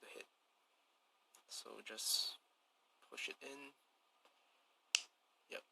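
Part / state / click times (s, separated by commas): printed upgrade part onto plastic ball joint of a transforming robot figure / seated / 4.9 s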